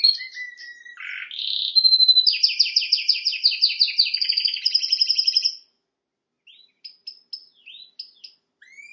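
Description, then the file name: Canary singing, opening with thin whistles and a harsh note, then fast pulsed trills in repeated tours, stopping before a few separate sharp chirps. "Canary Voice"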